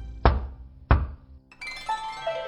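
Two heavy, evenly spaced, steady knocks thud against a half-closed jade stone door, followed by a brief shimmering, chime-like tone that rings out and fades.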